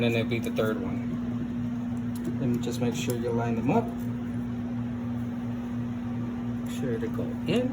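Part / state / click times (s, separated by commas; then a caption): RAM module into motherboard memory slot / not seated / none. A RAM module is lined up with the key of a motherboard memory slot before being pushed home, while someone talks over a steady low hum. Nothing has seated or clicked yet.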